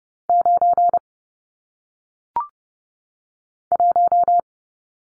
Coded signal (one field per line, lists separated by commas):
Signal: Morse code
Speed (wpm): 30 wpm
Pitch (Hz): 700 Hz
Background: none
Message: 9 1